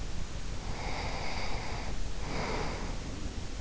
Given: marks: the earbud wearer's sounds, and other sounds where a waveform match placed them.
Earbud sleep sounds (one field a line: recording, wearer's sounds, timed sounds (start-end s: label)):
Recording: sounds in sleep by an in-ear microphone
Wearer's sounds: breath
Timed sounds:
0.11-3.38 s: breath